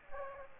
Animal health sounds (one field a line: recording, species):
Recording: mosquito wingbeat signal from an infrared sensor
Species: Aedes aegypti